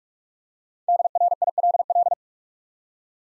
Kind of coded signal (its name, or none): Morse code